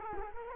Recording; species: mosquito wingbeat signal from an infrared sensor; Culex quinquefasciatus